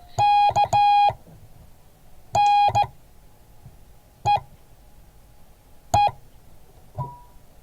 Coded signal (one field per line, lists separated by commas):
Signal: Morse code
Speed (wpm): 14 wpm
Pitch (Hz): 820 Hz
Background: music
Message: KNEE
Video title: Morse code class 2023-01-11